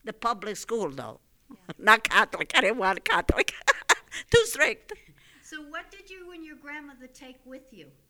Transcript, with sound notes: The public school, though, not Catholic. I didn't want Catholic. ( she laughs ) Too strict.
So what did you and your grandmother take with you?